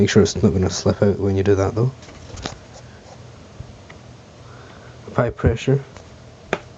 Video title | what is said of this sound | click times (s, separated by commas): How to install Ram (Random Access Memory) | and you should hear a clicking noise as this goes back in | 6.5 s